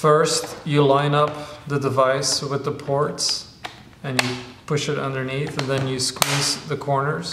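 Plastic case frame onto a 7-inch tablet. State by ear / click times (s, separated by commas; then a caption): not seated / none. Someone talks while a Google Nexus 7 tablet is lined up with the ports and pushed under the plastic frame of a Gumdrop Drop Tech case with a built-in screen protector, and the corners are squeezed. Faint taps of handling sound under the voice, but the frame has not snapped into place yet.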